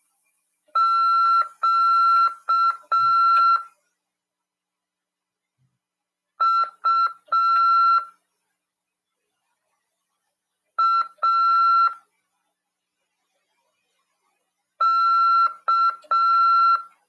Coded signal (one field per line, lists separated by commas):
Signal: Morse code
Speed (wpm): 6 wpm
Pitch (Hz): 1350 Hz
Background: none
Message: Q U A K